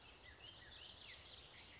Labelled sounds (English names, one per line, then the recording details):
California Towhee
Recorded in Sonoma County, California